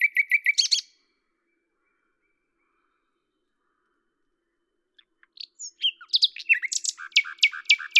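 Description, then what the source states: Common nightingale song: a brief fast trill, a long quiet gap, then a varied phrase of chirps and repeated sharp notes. At Lavours, France, on 10 May 1998; Tascam DAP-1 with Télingua microphone, edited in Samplitude 5.1.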